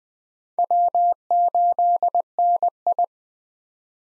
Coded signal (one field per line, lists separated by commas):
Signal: Morse code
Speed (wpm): 20 wpm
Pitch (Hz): 700 Hz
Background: none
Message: W8NI